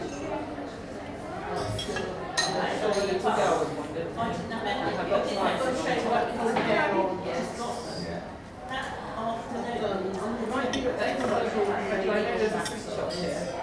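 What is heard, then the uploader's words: A tea room at lunchtime fills with steady overlapping chatter, while cups, plates and cutlery clink now and then throughout. Lunchtime in an English Tea Room. A small English Tea room at lunchtime.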